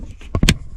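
A Mangoal 4K OEM-style front and rear dash cam power adapter is pushed into the overhead power plug behind the windshield housing of a 2021-2024 Toyota Camry. Faint handling noise gives way to two short clicks around 0.35 and 0.43 seconds, then a sharp, loud snap at 0.5 seconds. The adapter snaps into the plug and is seated.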